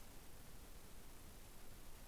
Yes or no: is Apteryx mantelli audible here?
no